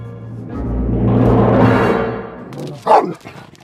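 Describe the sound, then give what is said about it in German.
A dog lets out a long, drawn-out vocal sound that swells and fades, then gives one loud, sharp bark followed by a shorter yelp. No one speaks. “Still! Still! Guter Hund.”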